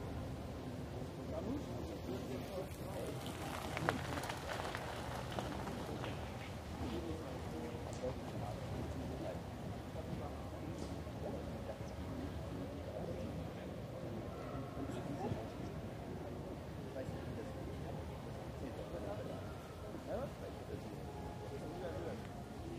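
People pass by in Munich's Englischer Garten, with overlapping fragments of conversation forming a dense, steady murmur throughout. A few sharp knocks, like a ball being struck, stand out near 4, 15 and 20 seconds above the constant low crowd bed.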